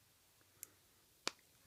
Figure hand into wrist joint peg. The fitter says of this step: Pops right in.